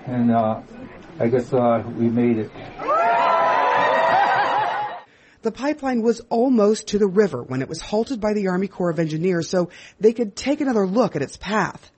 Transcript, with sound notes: I guess we made it.
(CHEERS) The pipeline was almost to the river when it was halted by the Army Corps of Engineer so they could take another look at its path.